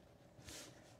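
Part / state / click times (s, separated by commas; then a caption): plastic trim clip in the car front trunk / not seated / none. A plastic trim clip in the front trunk of a Tesla is handled while the trim is being closed. A soft, broadband rustle swells around 0.5 s over a low background hum, but nothing has seated or clicked yet.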